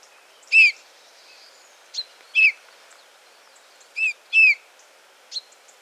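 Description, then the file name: Eurasian bullfinch calls: four soft whistled pipes, the last two close together, with a few thinner, higher notes between. "Pyrrhula pyrrhula"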